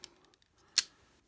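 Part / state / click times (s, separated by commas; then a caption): plastic parts into a transforming toy dragon head / seated / 0.8 s. Plastic parts of a transforming toy dragon head are pushed home and seat with a sharp, bright click at 0.8 s. Fainter small ticks come before it, near 0.0 s and between 0.2 and 0.4 s, and one more comes at 1.3 s. The parts click into place.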